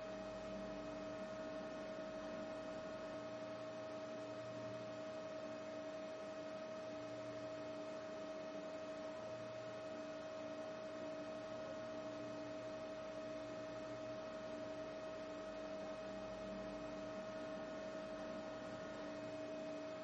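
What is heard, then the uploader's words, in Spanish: A refrigeration unit runs with a steady, unchanging hum, a strong midrange whine over a dense mechanical drone, constant throughout. Sonido de 8 horas de refrigeración.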